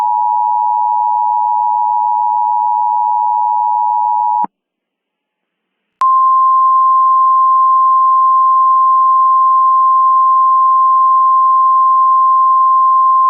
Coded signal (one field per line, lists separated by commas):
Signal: Emergency Alert System (SAME) tones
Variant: 853 and 960 Hz attention tone